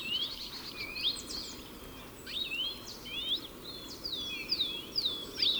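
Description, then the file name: European goldfinch giving bright, twittering calls: quick tinkling notes that rise and dip, repeated in irregular bursts over a steady low background hiss. "Carduelis carduelis"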